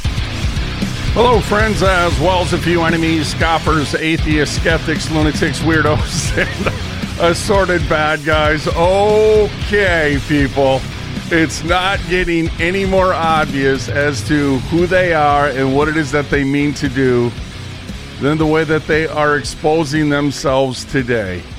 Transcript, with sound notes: Hello, friends, as well as a few enemies, scoffers, atheists, skeptics, lunatics, weirdos, (laughs) and assorted bad guys. Okay, people. It's not getting any more obvious as to who they are and what it is that they mean to do than the way that they are exposing themselves today.